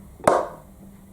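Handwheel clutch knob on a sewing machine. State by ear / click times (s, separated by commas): released / 0.3 s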